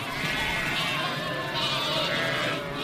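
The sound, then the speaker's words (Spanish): A dense chorus of lambs bleating continuously as they call for their mothers, many high, wavering cries overlapping at once with no pause, loud and steady throughout. “La reconocen por el balido y por el olor.”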